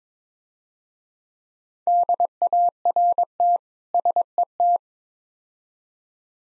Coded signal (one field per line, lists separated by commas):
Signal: Morse code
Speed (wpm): 22 wpm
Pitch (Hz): 700 Hz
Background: none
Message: DART SET